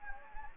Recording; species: mosquito wingbeat signal from an infrared sensor; Anopheles gambiae